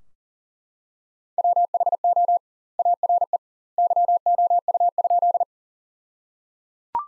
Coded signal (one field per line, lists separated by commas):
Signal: Morse code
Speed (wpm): 37 wpm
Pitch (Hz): 700 Hz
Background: none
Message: WHO ARE YOU?